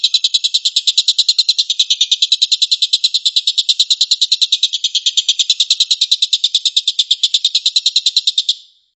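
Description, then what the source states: Stork-billed kingfisher's rapid rattling call: a long, unbroken run of harsh, high-pitched pulses at an even, fast rate that stops abruptly near the end. Tembakan, a rapid 'shooting' call.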